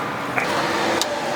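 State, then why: Seated. During a front air strut install on a Mercedes CLS-Class W219 with an Arnott strut, a strut component is pushed in the middle into its retaining clip and then slid on until it locks. Two sharp clicks stand out against steady background noise at 0.4 s and 1.0 s, and the clip is locked in place.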